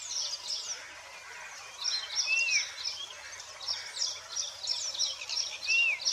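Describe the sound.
Birds chirping in a busy, high-pitched chorus, with a clear arched whistle heard twice over a faint low hum.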